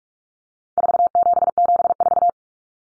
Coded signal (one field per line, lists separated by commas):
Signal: Morse code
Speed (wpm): 44 wpm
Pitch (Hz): 700 Hz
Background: none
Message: 4774